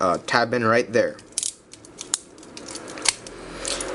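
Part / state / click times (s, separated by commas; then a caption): toy robot torso panel into its tab slots / not seated / none. Someone talks while handling a silver Transformers Alternity Convoy plastic transforming robot toy, folding its abdominal torso section in and pushing its two tabs toward their slots. A few short, sharp handling taps and ticks are heard over quiet background noise. The part has not clicked or seated yet.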